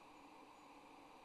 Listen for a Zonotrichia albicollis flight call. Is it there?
no